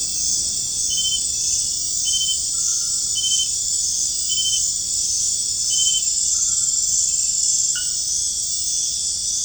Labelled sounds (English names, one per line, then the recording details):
none
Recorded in dense forest near Puerto Asís, Putumayo, Colombia, on 29 June 2025 at 20:00
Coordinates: 0.481, -76.323
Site G072